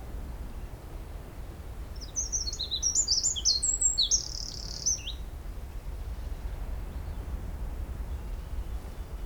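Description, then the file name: Eurasian wren singing one fast, high-pitched phrase of jumbled chirps and trills for about three seconds, then quiet with only low background hum. "Troglodytes troglodytes"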